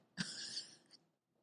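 A single abrupt, harsh cough from an adult man who is ill, with a long breathy tail.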